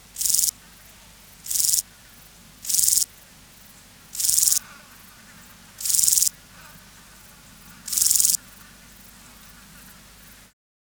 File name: Euchorthippus declivus